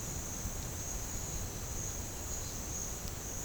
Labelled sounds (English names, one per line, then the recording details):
none
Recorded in pastures near Puerto Asís, Putumayo, Colombia, on 25 June 2025 at 10:00
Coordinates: 0.496, -76.326
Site GP01